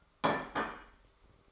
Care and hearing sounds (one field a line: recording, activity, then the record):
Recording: daily activity, microphone in the room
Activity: place plate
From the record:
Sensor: 3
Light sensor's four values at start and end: 5/11/4/4 and 5/12/4/4